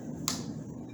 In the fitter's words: you gotta hear a real positive click if that uh